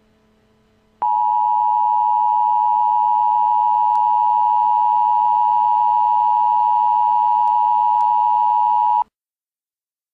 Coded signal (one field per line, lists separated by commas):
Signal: Emergency Alert System (SAME) tones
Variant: 853 and 960 Hz attention tone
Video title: EAS Scenario Special - The Crazy Freezever